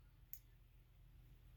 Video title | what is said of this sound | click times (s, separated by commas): Nitro engine piston pin clips installation. | here the click | 0.3 s